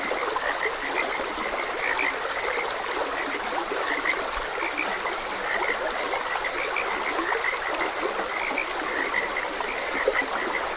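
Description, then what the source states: Frogs calling together in an unbroken, busy chorus of short croaking notes, mixed with the steady trickle and hiss of a stream. Frogs croaking beside a gentle stream.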